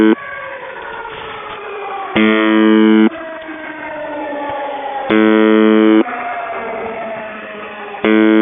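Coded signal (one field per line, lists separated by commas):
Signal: channel marker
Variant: UVB-76 (The Buzzer)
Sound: three harsh one-second buzzes about three seconds apart, with a wavering, gliding siren-like tone between them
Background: siren jamming, radio static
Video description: Russian Buzzer UVB-76 seen with active air-raid siren audio jamming.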